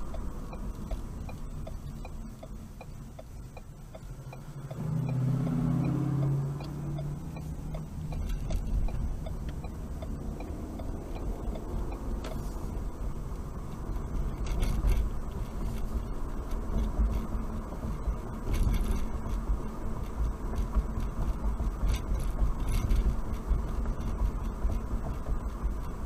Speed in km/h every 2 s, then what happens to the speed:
32, 16, 5, 15, 21, 31, 37, 40, 44, 47, 45, 47, 47.
0-3 brakes to 5. 5-15 speeds up to 44. 15-26 steady at about 47.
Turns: 5-9.